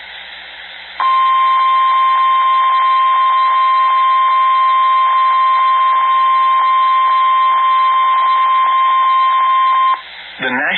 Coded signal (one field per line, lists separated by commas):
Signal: Emergency Alert System (SAME) tones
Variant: 1050 Hz attention tone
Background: speech